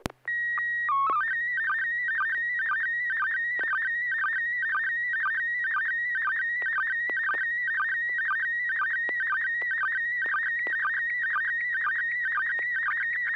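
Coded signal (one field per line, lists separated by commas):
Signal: SSTV (slow-scan television)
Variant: PD 120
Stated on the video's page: SSTV images exchanged on a weekly amateur net via an FM repeater on 441.300 MHz in Sacramento, California.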